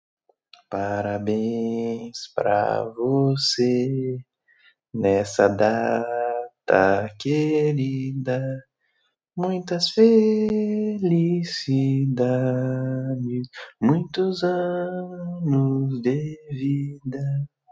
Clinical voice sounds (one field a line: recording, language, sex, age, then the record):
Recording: short text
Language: Brazilian Portuguese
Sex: male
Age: 20 to 29 years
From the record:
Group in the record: control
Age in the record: 24 years